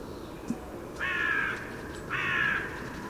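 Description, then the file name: Carrion crow calling two long, raspy caws about a second apart against a low, constant background hum. "Corvus corone"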